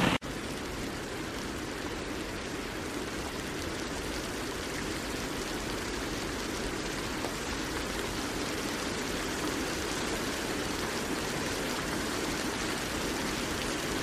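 Steady rain hisses evenly throughout, a dense wash of fine droplets with a faint lower rumble and no distinct events after a brief start.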